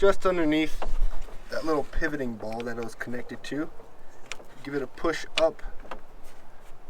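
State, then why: Seated. Someone talks while a shifter cable end is pushed up onto the pivoting ball of the transmission shift linkage on a 6-speed Chevrolet Sonic during a ZZP shifter cable clamp install. A sharp click at 5.9 seconds marks the cable end snapping into place, seated and secured.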